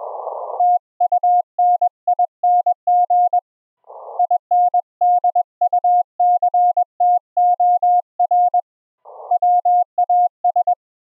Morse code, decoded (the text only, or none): TUNING INDUCTOR WAS